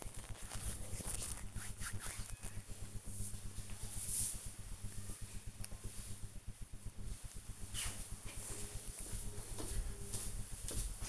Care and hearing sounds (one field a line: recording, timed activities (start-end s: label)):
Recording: household activities, microphone on the right wrist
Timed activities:
0.00-2.33 s: disinfecting hands